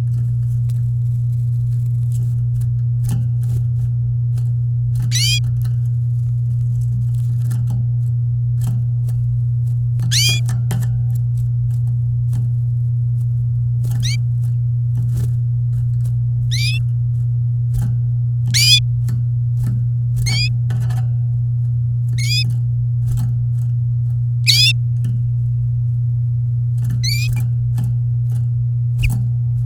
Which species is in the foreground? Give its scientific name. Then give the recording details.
Serinus canaria. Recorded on 8 May 2018 at 05:32. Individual llb16